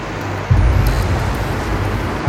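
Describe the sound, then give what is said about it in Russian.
A low, steady engine rumble with broad road noise starts abruptly after a brief quieter moment and carries on evenly as a black car with an eagle on its door drives along a street and through an intersection, then turns and stops; no voices. “Черный автомобиль с орлом на двери едет по улице, через перекресток. За рулем сидит Масуд. Он сворачивает и останавливается.”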